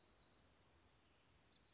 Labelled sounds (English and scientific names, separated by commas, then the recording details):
Black-throated Gray Warbler (Setophaga nigrescens)
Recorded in Sonoma County, California